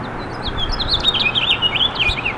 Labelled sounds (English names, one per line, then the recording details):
House Finch song
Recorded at East Hills on Long Island, New York, on 16 June 2013
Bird A